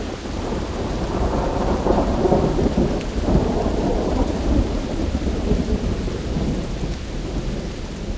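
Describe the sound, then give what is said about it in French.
A deep, rolling rumble of thunder from a lightning strike swells and lingers over steady heavy rain, a continuous low roar with a brief sharper crack near the middle and no voices. “Et au moment où la foudre est tombée, qu'est-ce que vous avez vu ?”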